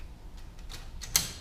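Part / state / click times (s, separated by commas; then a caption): staple cartridge into copier finisher stapler unit / seated / 1.2 s. A replacement staple cartridge is pushed into the stapler unit of a Konica Minolta copier finisher. Faint ticking and scraping sounds lead up to a sharp, loud click at 1.2 s as the cartridge latches and seats.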